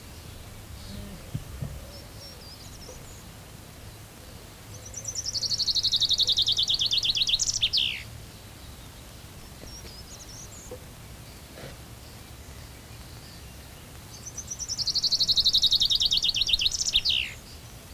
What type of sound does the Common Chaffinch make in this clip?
song